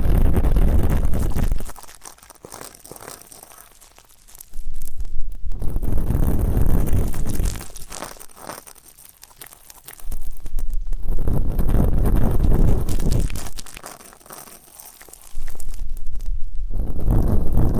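Deep ear canal and eardrum cleaning, heard as dense crinkling, rustling scrapes that come in bursts of a few seconds. Loud stretches run from the start to about 2 s, 5 to 8 s, 10 to 14 s and from 15 s on, with quieter soft rubbing in between.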